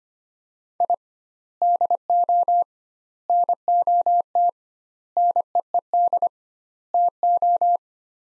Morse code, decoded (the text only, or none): I DO NOT NEED TO